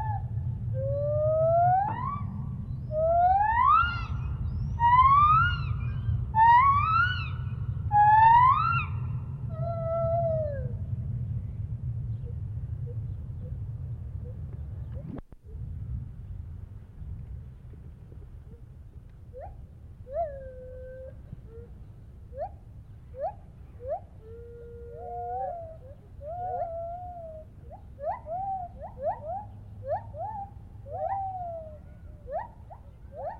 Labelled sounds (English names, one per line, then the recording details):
Lar Gibbon
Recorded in captivity
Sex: group
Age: adult
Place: Tierpark Berlin, Berlin, DE
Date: 1971-07-31
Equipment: Uher 4200 Report Stereo, Sennheiser MD 421, Tesla-Verstärker
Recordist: Tembrock, Günter